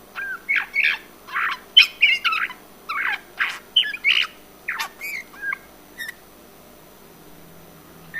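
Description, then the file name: Eurasian bullfinch calls: quick series of short squeaky, slightly buzzy notes about three per second, then fading to silence for the last two seconds. "Pyrrhula pyrrhula"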